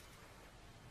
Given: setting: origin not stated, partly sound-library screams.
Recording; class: one-second piece from a danger detection set; normal situation